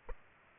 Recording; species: mosquito wingbeat signal from an infrared sensor; Aedes aegypti